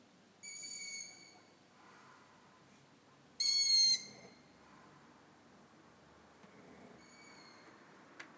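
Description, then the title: Long-eared owl repeating a thin, high, even squeak three times, roughly every three seconds, the middle call loudest; a faint click near the end. Heard every evening at Dniprorudne; females give squeaks, while males make sounds resembling laughter or grunting. "Ушастая Сова at Дніпрорудне"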